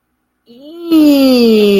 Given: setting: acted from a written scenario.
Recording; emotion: vocal sound without words; disgust